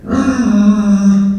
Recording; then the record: squeal of a Yucatan mini pig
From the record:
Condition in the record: after surgery on the right vocal fold (resection and tissue-engineered implant); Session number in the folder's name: 10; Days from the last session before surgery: 86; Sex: female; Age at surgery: 19 weeks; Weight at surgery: 25 kg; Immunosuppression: prednisolone